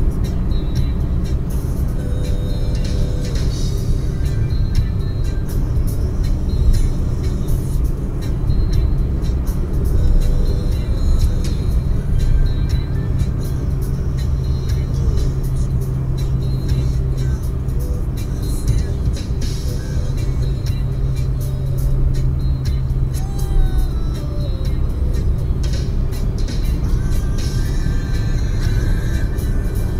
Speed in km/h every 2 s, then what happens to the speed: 118, 117, 115, 116, 118, 118, 115, 113, 112, 114, 113, 113, 114, 116, 115.
0-30 steady at about 115.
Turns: none.